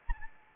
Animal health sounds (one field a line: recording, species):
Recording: mosquito wingbeat signal from an infrared sensor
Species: Anopheles arabiensis